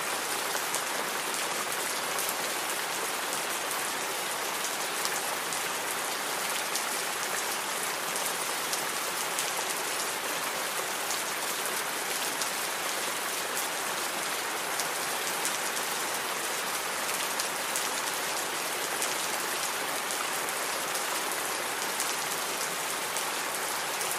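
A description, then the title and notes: Steady rain falls throughout, a dense hiss of countless drops with fine crackling taps on a nearby surface. The sound is bright and even, with little low rumble and no change in intensity over the whole stretch. Satisfying Rain Sounds.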